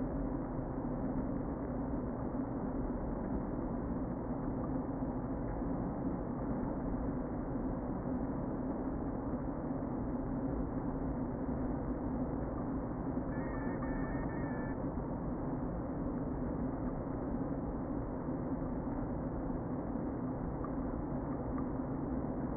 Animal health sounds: honeybee colony, microphone inside the hive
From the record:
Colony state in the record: queen present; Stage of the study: before two queens were removed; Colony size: about 60,000 bees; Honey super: yes

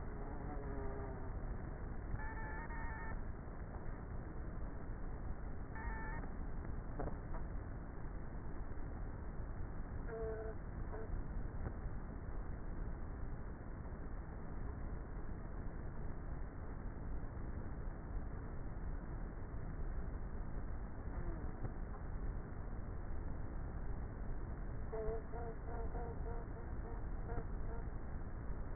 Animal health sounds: honeybee colony, microphone inside the hive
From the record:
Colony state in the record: queenless with a low population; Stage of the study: before two queens were removed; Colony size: about 30,000 bees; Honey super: no

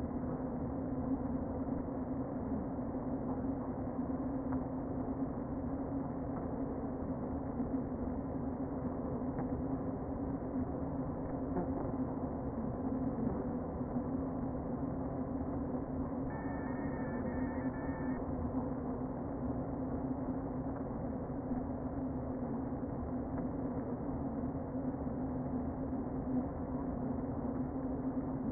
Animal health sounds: honeybee colony, microphone inside the hive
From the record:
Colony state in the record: queen present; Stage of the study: before two queens were removed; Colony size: about 60,000 bees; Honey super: yes

